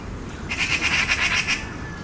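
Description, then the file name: Eurasian magpie delivering a single short, harsh rattle of rapid clacking notes, lasting about one second. "Pica pica"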